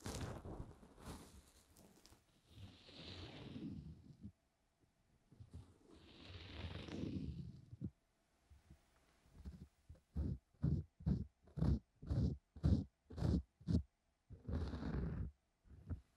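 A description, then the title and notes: Ear-cleaning sounds: two long rustling, scraping sweeps early on, each a few seconds with a brighter hiss in the middle. Around ten seconds a quick, regular run of short muffled taps begins, then one more rustling sweep near the end. ASMR DEEP Ear Cleaning No talking 시원한 모래 귀청소.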